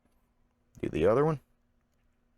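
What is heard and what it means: A crimped contact is handled at a Powerpole connector housing while someone briefly talks from about 0.8 to 1.4 seconds, with near silence before and after. The contact has not seated or clicked into the housing yet.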